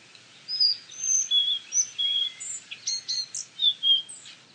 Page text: Jelmer Poelstra - Мухоловка-белошейка (Ficedula albicollis)